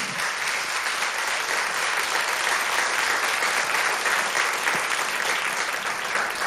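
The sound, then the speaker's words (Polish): A crowd applauds steadily, dense overlapping clapping forming a continuous crackling wash at an even, fairly loud level for several seconds, with no voices standing out. “Należą mi się naprawdę poważne brawa.”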